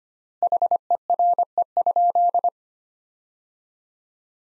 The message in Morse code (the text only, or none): HERE?